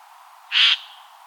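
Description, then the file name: Eurasian jay giving a single harsh, raspy screech lasting about a quarter second, with quiet background otherwise. "Garrulus glandarius"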